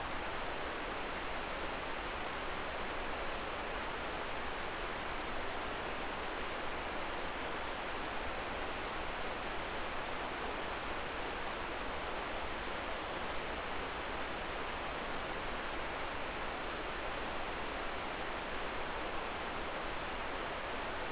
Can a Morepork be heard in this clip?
no